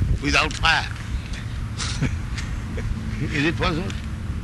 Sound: chuckles

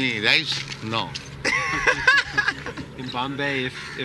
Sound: laughter

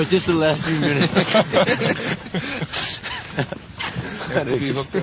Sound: laughter

